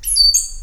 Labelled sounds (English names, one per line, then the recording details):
Stitchbird song
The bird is a male
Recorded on Tiritiri Matangi Island, New Zealand, in 2005
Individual 16, of nest box 24